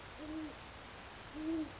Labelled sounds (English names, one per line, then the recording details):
Great Horned Owl
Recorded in Sonoma County, California